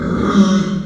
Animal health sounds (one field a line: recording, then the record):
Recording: squeal of a Yucatan mini pig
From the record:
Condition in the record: after surgery on the right vocal fold (resection and tissue-engineered implant)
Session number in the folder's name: 9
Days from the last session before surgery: 65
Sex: female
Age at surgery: 19 weeks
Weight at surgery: 25 kg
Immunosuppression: prednisolone